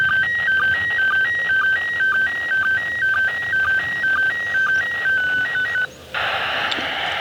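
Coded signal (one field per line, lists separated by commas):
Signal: SSTV (slow-scan television)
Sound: warbling tone alternating between two pitches with short low blips, then harsh wideband hiss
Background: radio static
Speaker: signal here for another 30 seconds. All right, there it is.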